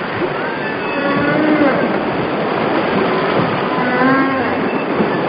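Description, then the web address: Humpback whale moans: two sets of wavering, harmonic tones, one near the start and one later, rising and falling over a steady rushing hiss. "Partners In Rhyme Humpback Whale Calls"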